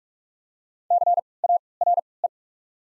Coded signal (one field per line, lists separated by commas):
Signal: Morse code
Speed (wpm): 47 wpm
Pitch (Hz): 700 Hz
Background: none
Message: C A R E